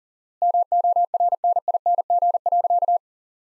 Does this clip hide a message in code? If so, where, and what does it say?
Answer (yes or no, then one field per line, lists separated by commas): yes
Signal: Morse code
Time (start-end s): 0.4-3.0 s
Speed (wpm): 40 wpm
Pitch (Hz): 700 Hz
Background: none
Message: MORNING.